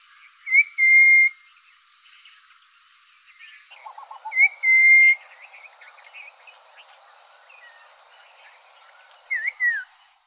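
Common iora giving long, level whistled notes twice, about four seconds apart, over a steady high-pitched insect drone, with softer chattering calls and a final falling note.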